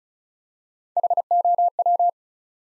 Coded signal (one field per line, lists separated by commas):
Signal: Morse code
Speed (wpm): 36 wpm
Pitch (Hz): 700 Hz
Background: none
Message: HOW